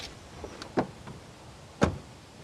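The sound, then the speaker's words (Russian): Someone getting into a car: a few small clicks and rattles, then two solid door thuds about a second apart, with no voices and only faint background noise. “сел в автомобиль и поехал.”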